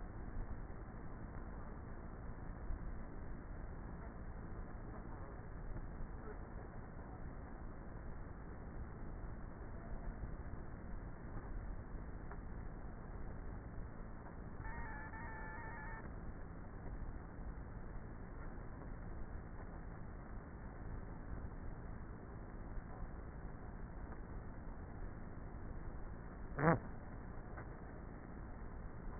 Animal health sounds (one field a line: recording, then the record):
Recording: honeybee colony, microphone inside the hive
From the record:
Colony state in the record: queenless with a low population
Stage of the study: before two queens were removed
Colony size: about 30,000 bees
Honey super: no